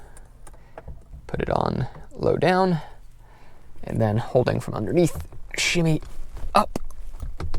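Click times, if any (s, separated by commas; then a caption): 7.4 s, 7.5 s. Someone talks while a replacement rearview mirror on an XJR is set low on the windshield mounting button, held from underneath, and shimmied upward. Its metal mount snaps onto the button with sharp clicks at 7.4 and 7.5 seconds, seating the mirror in place.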